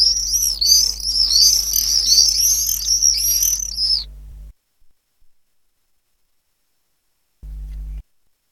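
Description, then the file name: Common swift screams: shrill, trilling high-pitched calls in an unbroken overlapping stream for about four seconds, then silence, with a low hum underneath. "apus apus"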